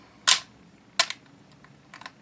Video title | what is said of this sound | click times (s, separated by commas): Canada to ban Handguns. Type 54 & M213 Review. Interchangeable? China's TT-33 Tokarev pistol | 好的，我们有八发八发假弹我要把它滑进去，它被锁住了 | 0.3 s